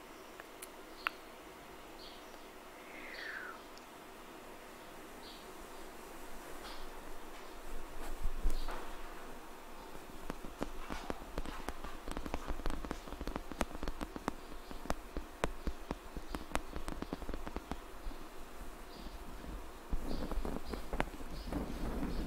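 Scratching and tapping, sparse and soft at first, then denser irregular clicks and scrapes from about eight seconds on, over a low hum.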